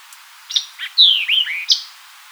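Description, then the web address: White-eyed vireo song: a sharp chip, a short buzzy note, then slurred downward whistles ending in another crisp chip, all in one quick phrase. "White-eyed Vireo 2007 01 04 White-eyed Vireo 02"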